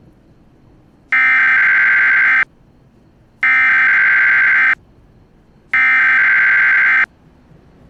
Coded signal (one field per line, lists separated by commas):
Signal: Emergency Alert System (SAME) tones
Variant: header bursts